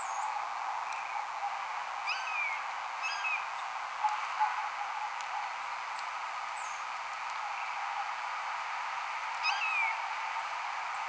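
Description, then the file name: Blue jay giving slurred, downward-sweeping hawk-like screams, a few early on and one near the end, over steady hiss. Blue jay imitating the call of a red-shouldered hawk, recorded in March. "BLJA-immitating-RSHA-2-MAR"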